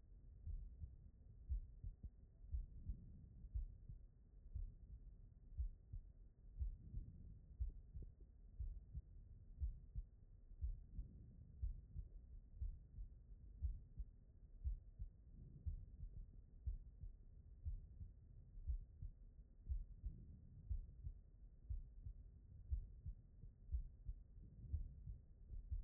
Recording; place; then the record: heart sounds by stethoscope; aortic valve (AV)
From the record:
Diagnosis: non-HFrEF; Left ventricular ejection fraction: 69%